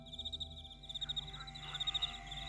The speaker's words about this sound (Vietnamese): Khuya hôm đó, mùi đất ẩm hòa cùng tiếng chó tru từng hồi xa xa, tiếng côn trùng giữa đồng kêu lên từng hồi rinh rích.